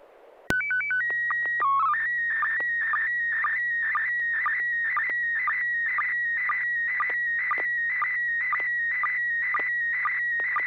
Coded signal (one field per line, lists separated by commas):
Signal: SSTV (slow-scan television)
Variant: PD 120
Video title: N6NA SSTV Net - 09/25/2024